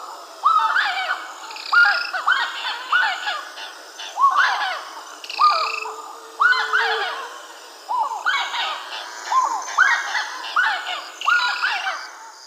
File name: Aramidesypecaha Estancia 11 de Junio 30 ABR 00